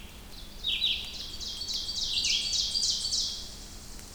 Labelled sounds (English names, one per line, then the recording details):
Red-eyed Vireo song
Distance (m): 15 m
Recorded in boreal forest in Alberta, Canada, on 2 June 2016 at 07:45
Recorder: SongMeter 3, array SBT-3-7
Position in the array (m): 101 m, 130 m